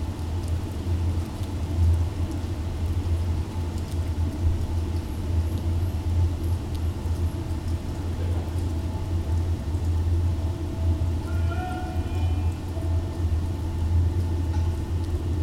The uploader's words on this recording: Office Window, Rain, Vase ~ Leeds, UK. The sounds of light summer rain from an office window. Field recording by oliver thurley , summer 2018. Through the fizzing droplets of rain, we hear snippets of conversation, birds, building works, and at one point, an aeroplane.